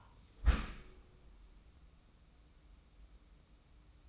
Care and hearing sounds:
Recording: daily activity, microphone in the room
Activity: close dishwasher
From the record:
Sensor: 1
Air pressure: 994.4 hPa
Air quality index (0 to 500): 219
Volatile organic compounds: 1000 ppm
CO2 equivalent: 7856 ppm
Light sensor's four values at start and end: 132/299/134/147 and 131/298/134/146

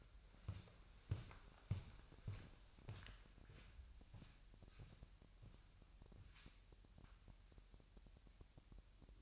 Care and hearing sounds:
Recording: daily activity, microphone in the room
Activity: walk to room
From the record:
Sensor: 2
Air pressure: 1001.9 hPa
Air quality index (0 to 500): 248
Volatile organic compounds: 35 ppm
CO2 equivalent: 3055 ppm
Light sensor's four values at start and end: 7/15/6/6 and 7/16/6/7

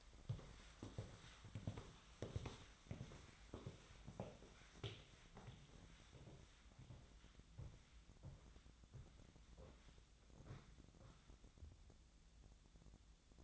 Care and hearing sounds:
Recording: daily activity, microphone in the room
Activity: walk to room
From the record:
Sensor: 3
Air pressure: 1010.0 hPa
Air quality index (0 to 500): 183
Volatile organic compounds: 13 ppm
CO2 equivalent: 2392 ppm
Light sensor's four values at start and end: 40/101/43/47 and 42/105/45/49

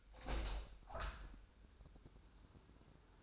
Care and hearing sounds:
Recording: daily activity, microphone in the room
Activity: open window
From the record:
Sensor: 2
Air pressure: 1000.3 hPa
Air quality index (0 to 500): 139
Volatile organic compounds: 2 ppm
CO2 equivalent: 1162 ppm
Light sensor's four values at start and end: 11/29/11/13 and 11/29/11/13

